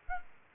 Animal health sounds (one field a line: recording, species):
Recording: mosquito wingbeat signal from an infrared sensor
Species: Culex quinquefasciatus